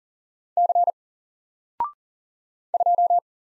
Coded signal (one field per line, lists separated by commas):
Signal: Morse code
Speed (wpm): 38 wpm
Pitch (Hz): 700 Hz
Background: none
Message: C 2